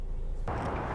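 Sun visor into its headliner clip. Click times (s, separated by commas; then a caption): 0.5 s. A plastic-trim sun visor in a 2021 Ford Escape or 2021 Ford EcoSport, which cannot extend, is pushed back into its headliner clip after being unclipped. After a quiet low rumble, a sharp click at 0.5 s is followed by brighter broadband noise. The visor seats and locks in place.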